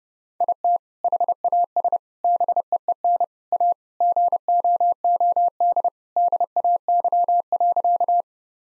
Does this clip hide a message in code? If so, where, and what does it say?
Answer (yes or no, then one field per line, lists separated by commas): yes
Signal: Morse code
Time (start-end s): 0.4-8.2 s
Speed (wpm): 32 wpm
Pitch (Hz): 700 Hz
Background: none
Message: IT HAS BEEN A GOOD DAY.